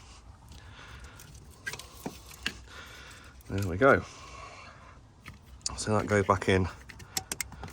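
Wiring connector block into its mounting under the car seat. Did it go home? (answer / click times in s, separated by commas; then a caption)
yes / 7.4 s. A plastic wiring connector block is pushed back into its mounting under the car seat, with light rattling and handling noises while someone talks. A cluster of sharp clicks follows near the end, and the block seats with a click at 7.4 s.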